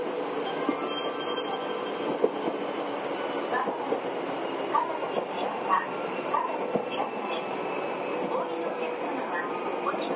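An Izukyu 8000 series train running on the Izu Kyuko line, heard as a steady, dense rumble and hum with a faint whine. Small clicks and rattles come every second or so, with a sharper knock near two seconds.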